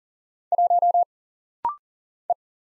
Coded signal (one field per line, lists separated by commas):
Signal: Morse code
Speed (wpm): 40 wpm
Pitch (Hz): 700 Hz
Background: none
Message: 1 E